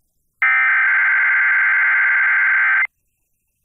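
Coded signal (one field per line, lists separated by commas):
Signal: Emergency Alert System (SAME) tones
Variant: header bursts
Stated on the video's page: Tornado Watch relayed by Raleigh country FM station, Local Primary One of the EAS, received in north central Franklin County, NC.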